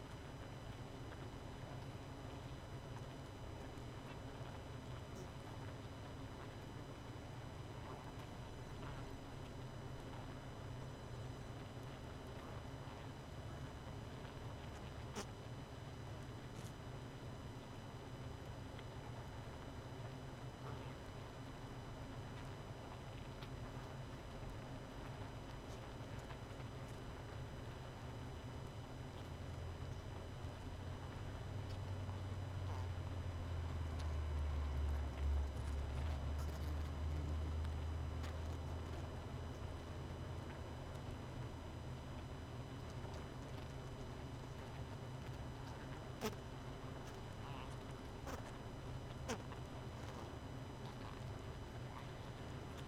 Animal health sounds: honeybee colony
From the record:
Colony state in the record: missing queen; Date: 31 May 2018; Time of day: 23:47

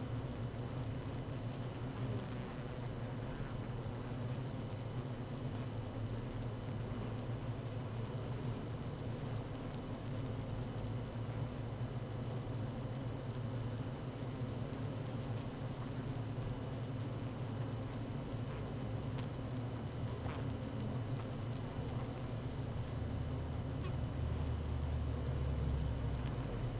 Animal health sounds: honeybee colony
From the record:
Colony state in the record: active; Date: 12 June 2018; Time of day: 17:01

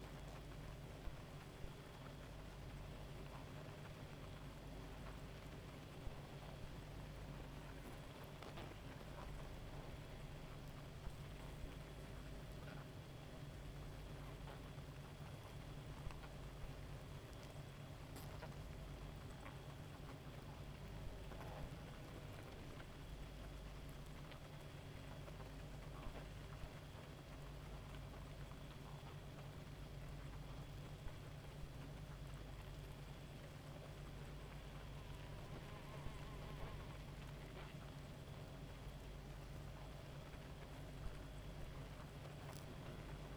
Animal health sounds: honeybee colony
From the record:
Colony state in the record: active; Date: 28 July 2017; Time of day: 1:47

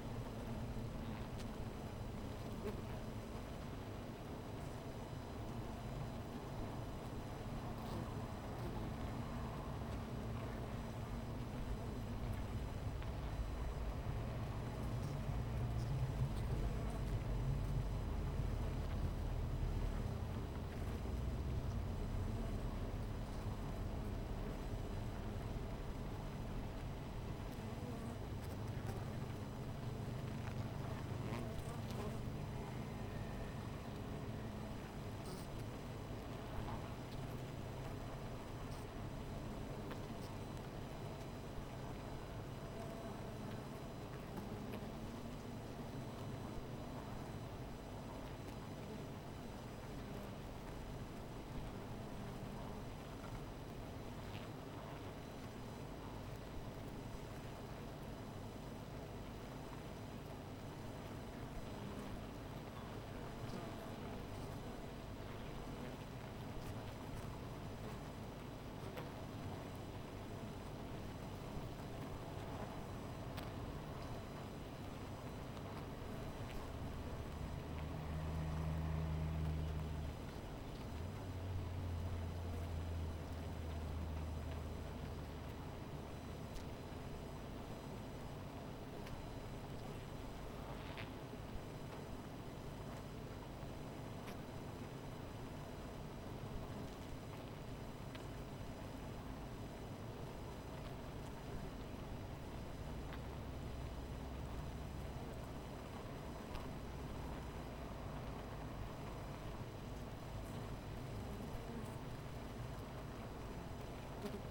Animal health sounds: honeybee colony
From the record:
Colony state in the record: missing queen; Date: 14 July 2017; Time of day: 16:47

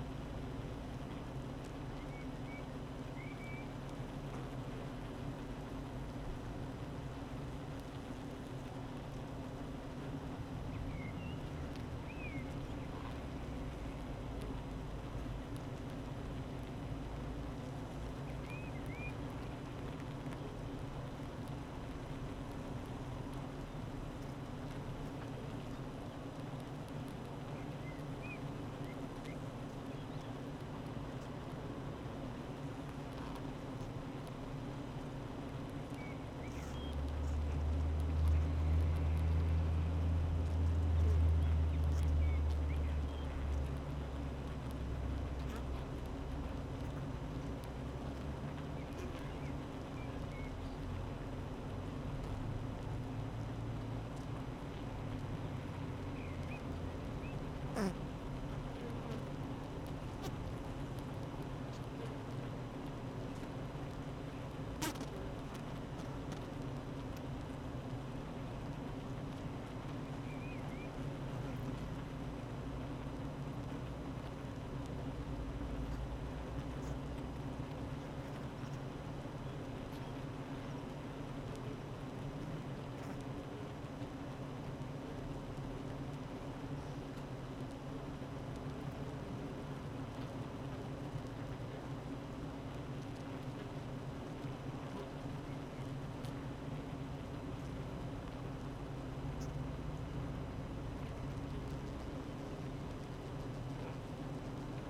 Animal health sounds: honeybee colony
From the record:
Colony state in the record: active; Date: 12 June 2018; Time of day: 8:27

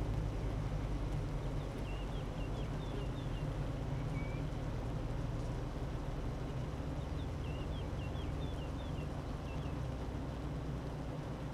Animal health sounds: honeybee colony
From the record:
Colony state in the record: active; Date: 12 June 2018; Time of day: 9:03

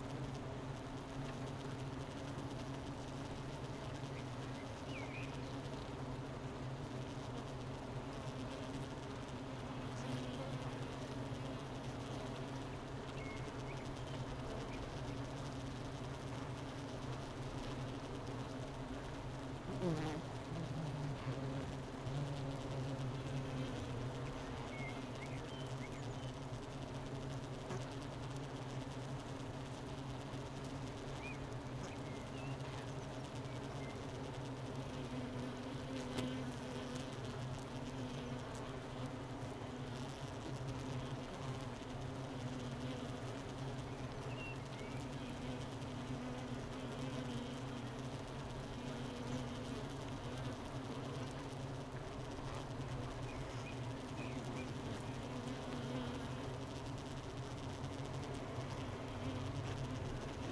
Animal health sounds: honeybee colony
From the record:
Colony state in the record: missing queen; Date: 31 May 2018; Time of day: 11:56

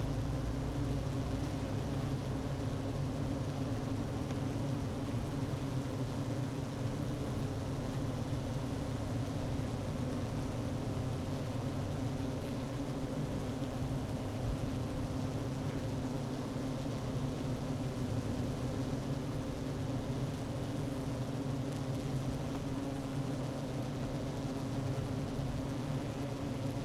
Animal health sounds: honeybee colony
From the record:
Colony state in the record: active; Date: 12 June 2018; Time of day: 11:25

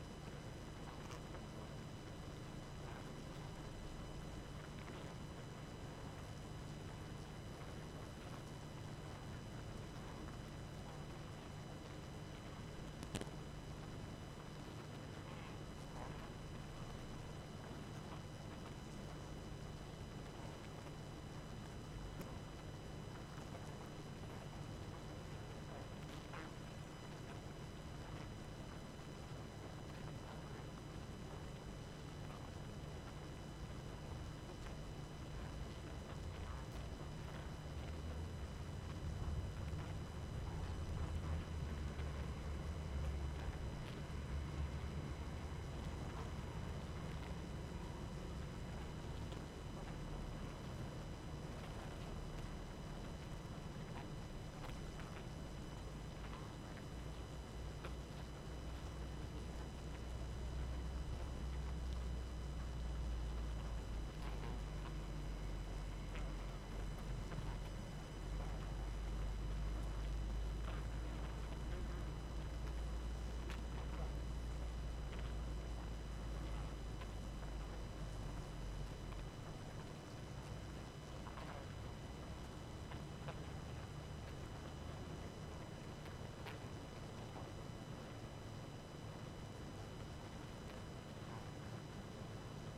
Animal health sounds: honeybee colony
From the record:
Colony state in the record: active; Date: 12 June 2018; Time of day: 22:42

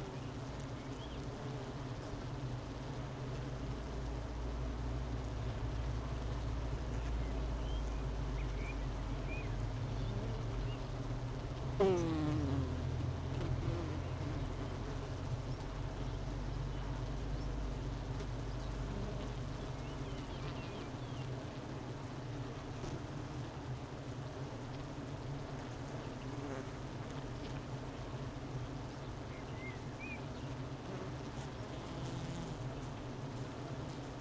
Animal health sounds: honeybee colony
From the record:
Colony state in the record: missing queen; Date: 31 May 2018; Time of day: 12:13

